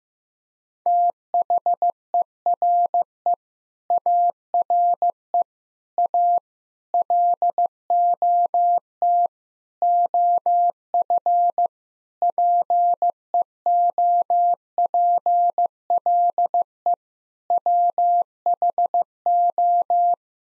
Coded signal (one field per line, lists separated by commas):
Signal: Morse code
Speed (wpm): 15 wpm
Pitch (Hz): 700 Hz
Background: none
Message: THERE ARE A LOT OF PEOPLE WHO